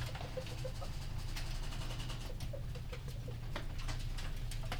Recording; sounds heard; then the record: poultry house recording; healthy chickens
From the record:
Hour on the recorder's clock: 19